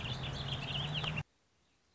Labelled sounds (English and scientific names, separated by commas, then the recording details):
Warbling Vireo (Vireo gilvus)
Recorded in Sonoma County, California